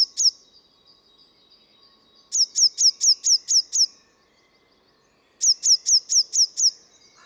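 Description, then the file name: Eurasian blue tit giving rapid strings of high, piercing slurred notes: a brief pair, then two bursts of six to seven, separated by silences of about one and a half to two seconds. "Cyanistes caeruleus"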